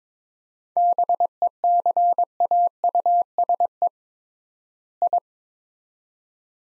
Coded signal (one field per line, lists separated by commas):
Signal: Morse code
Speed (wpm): 22 wpm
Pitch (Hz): 700 Hz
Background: none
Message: BECAUSE I